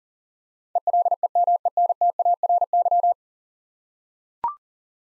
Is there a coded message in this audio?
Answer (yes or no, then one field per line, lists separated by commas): yes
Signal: Morse code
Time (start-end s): 0.8-3.1 s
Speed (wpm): 40 wpm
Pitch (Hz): 700 Hz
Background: none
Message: ELEMENTARY